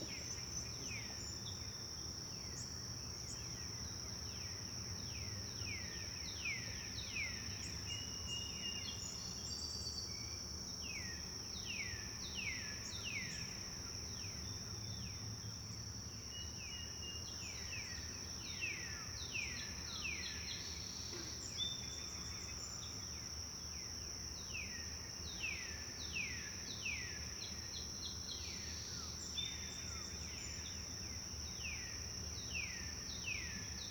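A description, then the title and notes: Birds chirp softly and almost without pause, repeated quick downward-sliding notes coming in loose bursts across the whole stretch. A steady high insect whine runs underneath, along with a low, even outdoor rumble. Birds Chirping Softly.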